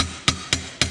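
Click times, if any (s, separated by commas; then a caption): none. A ball bearing is tapped into a Hodaka motorcycle engine crankcase with three sharp taps at about 0.3, 0.5 and 0.8 seconds, each ringing briefly before fading. The bearing has not seated yet.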